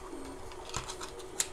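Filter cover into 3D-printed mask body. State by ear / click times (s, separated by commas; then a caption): seated / 1.4 s. A cut filter is pressed into the cover of a 3D-printed plastic reusable mask, and the filter cover snaps into the mask body. After a couple of faint taps near 0.7 and 0.8 seconds, a sharp snap at 1.4 seconds shows the filter seated in place. Someone talks.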